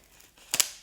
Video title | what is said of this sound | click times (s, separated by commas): HOW TO GET THE PERFECT BLOWOUT USING THE SHARK FLEXSTYLE! | To unlock, you simply hold down that button. | 0.5 s, 0.6 s